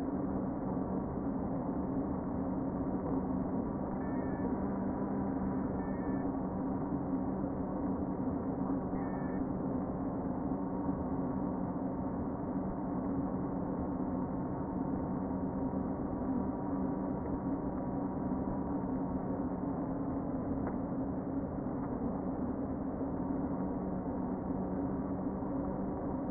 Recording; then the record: honeybee colony, microphone inside the hive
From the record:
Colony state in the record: queen present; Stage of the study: before two queens were removed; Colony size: about 60,000 bees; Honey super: yes